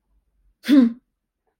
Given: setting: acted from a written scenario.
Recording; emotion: vocal sound without words; anger